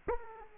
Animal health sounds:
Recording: mosquito wingbeat signal from an infrared sensor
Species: Aedes aegypti

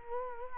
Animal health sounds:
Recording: mosquito wingbeat signal from an infrared sensor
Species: Culex quinquefasciatus

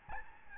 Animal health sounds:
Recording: mosquito wingbeat signal from an infrared sensor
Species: Aedes albopictus

